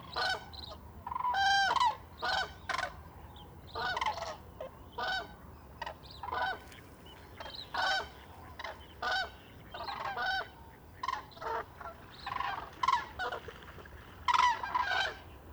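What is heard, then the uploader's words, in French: Common cranes call at dawn from a lake dike, a dense chorus of loud, rolling trumpeting bugles repeating every second or so through the whole stretch. Some calls sound strong, over a low steady rumble of wind. Nomad zaxcom - 2xmkh8040. L'éveil des Grues cendrées depuis une des digues du lac du DER dans la Marnes. Tout le reste étant des appels de Grue cendrée.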